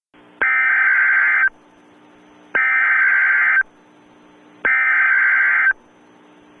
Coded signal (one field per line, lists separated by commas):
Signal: Emergency Alert System (SAME) tones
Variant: header bursts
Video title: Emergency Alert System: Extreme Hostage Situation